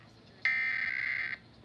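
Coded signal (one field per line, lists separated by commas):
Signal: Emergency Alert System (SAME) tones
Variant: header bursts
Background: speech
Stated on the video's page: National EAS test aired live on a TV station during an afternoon broadcast.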